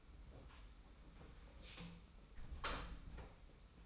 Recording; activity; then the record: daily activity, microphone in the room; close door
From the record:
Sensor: 1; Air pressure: 991.6 hPa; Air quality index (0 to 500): 125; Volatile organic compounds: 283 ppm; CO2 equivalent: 4444 ppm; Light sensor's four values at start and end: 33/109/42/43 and 33/109/42/43